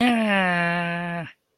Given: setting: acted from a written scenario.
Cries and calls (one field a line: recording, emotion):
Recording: vocal sound without words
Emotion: triumph